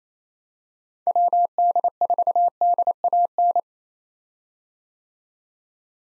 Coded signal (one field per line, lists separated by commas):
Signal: Morse code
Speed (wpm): 28 wpm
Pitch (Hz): 700 Hz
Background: none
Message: WD4DAN